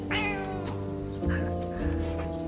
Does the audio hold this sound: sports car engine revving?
no